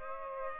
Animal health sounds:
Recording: mosquito wingbeat signal from an infrared sensor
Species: Culex pipiens

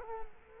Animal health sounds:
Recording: mosquito wingbeat signal from an infrared sensor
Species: Culex quinquefasciatus

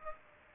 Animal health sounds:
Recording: mosquito wingbeat signal from an infrared sensor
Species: Aedes aegypti

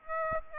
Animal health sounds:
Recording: mosquito wingbeat signal from an infrared sensor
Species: Aedes aegypti

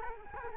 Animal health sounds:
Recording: mosquito wingbeat signal from an infrared sensor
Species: Culex quinquefasciatus

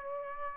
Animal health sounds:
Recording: mosquito wingbeat signal from an infrared sensor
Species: Aedes aegypti

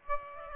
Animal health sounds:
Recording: mosquito wingbeat signal from an infrared sensor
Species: Aedes aegypti

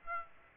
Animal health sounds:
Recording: mosquito wingbeat signal from an infrared sensor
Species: Aedes aegypti

